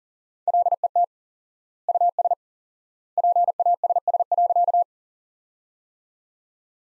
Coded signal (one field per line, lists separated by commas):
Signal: Morse code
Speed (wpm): 40 wpm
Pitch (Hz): 700 Hz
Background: none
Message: LET US PASS.